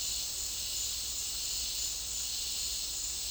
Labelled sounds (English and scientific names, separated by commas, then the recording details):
none
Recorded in dense forest near Puerto Asís, Putumayo, Colombia, on 9 March 2025 at 16:00
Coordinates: 0.499, -76.324
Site GP03